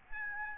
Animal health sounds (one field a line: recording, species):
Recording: mosquito wingbeat signal from an infrared sensor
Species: Aedes albopictus